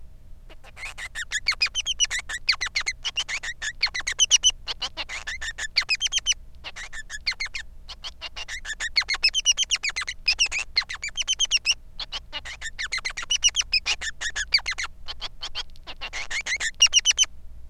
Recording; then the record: song of a male Bengalese finch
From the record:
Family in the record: son of father 3